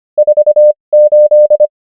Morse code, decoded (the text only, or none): 4 8